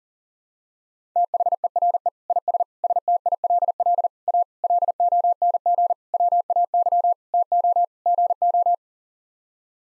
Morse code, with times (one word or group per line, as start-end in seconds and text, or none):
1.2-2.1 THERE
2.3-2.6 IS
2.8-4.1 STILL
4.3-4.4 A
4.6-5.9 LONG
6.1-7.1 WAY
7.3-7.8 TO
8.1-8.7 GO